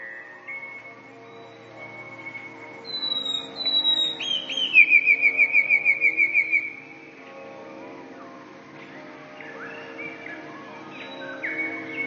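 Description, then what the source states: Eurasian blue tit song of high sibilant notes then a quick ringing trill of repeated notes, with quieter chirping afterwards and a low background hum. Song (śpiew).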